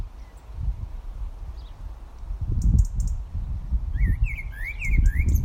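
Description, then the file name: Eurasian blackbird giving a brief run of rising whistled notes in the last seconds, over low rumbling background noise. "Turdus merula"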